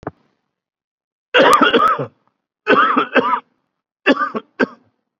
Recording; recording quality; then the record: heavy voluntary cough; excellent, no background noise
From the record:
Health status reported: COVID-19 positive, mild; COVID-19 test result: positive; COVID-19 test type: RT-PCR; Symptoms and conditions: sore throat, diabetes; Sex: male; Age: 62 years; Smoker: no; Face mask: worn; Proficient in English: no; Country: India